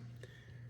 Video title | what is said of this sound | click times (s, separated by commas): Transformers Age of the Primes Commander Class Aerialbot Silverbolt - Rodimusbill Review | and push the head down till it snaps. | 0.2 s